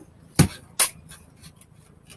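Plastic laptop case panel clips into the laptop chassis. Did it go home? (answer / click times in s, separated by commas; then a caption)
yes / 0.4 s. A plastic case panel on an HP DV6-2030sa laptop is pressed down into the chassis during reassembly after a northbridge reflow. The clip snaps into place with a sharp pop at 0.4 s, followed by a second strong snap near 0.8 s and fainter clicks afterward. The panel is seated.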